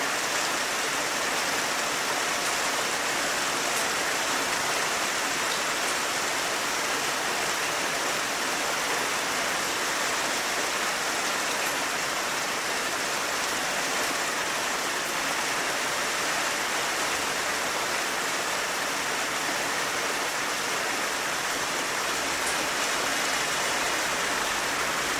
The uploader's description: the rain gently taps against the window